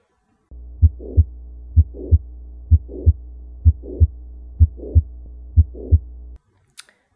Late systolic murmurs are usually reflective of mitral regurgitation and are usually accompanied by a mitral click.